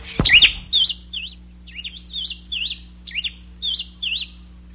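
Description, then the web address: Bird calls in a quick series of high, wavering chirps, about ten in under five seconds, opening with a sharp click. "BIRD 2015 SABIOD"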